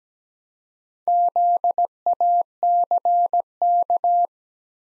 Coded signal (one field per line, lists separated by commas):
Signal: Morse code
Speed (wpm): 17 wpm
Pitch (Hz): 700 Hz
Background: none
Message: ZACK